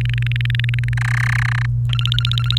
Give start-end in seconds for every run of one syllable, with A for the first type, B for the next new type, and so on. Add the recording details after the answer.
0.01-0.94 A, 0.97-1.66 B, 1.89-2.58 C. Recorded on 29 April 2018 at 07:12. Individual llb3